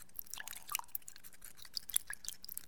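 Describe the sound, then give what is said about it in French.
Sandpaper being dipped back into water during wet sanding of a lacquered surface: faint, irregular patter of small drips, splashes and crackly squishes over a couple of seconds, with no voices. “Donc, je remets mon papier dans l'eau.”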